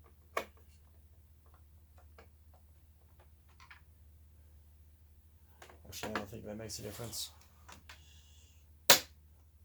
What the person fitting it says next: put it back up hear that snap